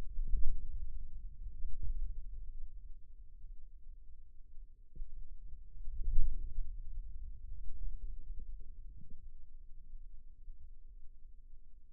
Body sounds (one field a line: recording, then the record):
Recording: forearm muscle sounds (acoustic myography)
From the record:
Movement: hand closing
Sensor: system 2, bracelet of six BSWA MPA416 microphones around the upper forearm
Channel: 2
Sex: male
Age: 22 years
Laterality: right